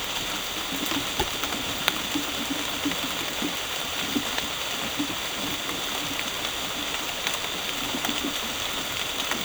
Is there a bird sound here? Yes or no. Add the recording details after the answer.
no. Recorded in dense forest near Puerto Asís, Putumayo, Colombia, on 9 March 2025 at 12:00. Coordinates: 0.467, -76.328. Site G041